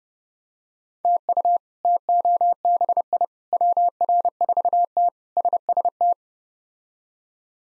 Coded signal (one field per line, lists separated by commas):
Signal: Morse code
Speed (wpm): 32 wpm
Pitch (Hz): 700 Hz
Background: none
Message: TU TOBI WR4T SST